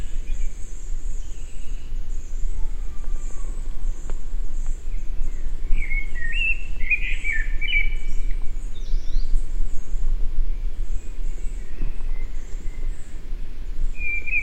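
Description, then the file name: Eurasian blackbird's warbled fluty phrase in the middle, followed by a thin high twitter, under a continuous shrill insect buzz and low rumble. "Turdus merula"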